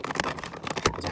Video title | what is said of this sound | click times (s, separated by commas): Door Check Strap Install 2000 Jeep Cherokee | Because after you get a click right there, you can click. | 0.9 s